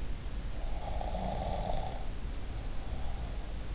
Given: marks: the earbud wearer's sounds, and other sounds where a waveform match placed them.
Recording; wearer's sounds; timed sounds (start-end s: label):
sounds in sleep by an in-ear microphone; snoring breath
0.55-3.50 s: snoring breath